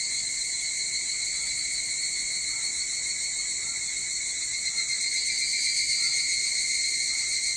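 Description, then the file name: Evening cicada chorus, steady high-pitched ringing with a slight quaver, brightening toward the end. Recorded 22 July 2023 at 04:40. "higurashi 230722 0440"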